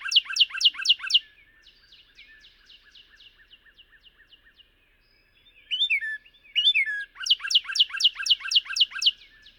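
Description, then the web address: Northern cardinal song: rapid runs of loud down-slurred whistles, a softer quick trill of short notes, a few sharper slurred notes, then another fast burst of down-slurred whistles. North America. "Songs of Birds of North America Know Your Bird Sounds Common Western Species. Northern Cardinal"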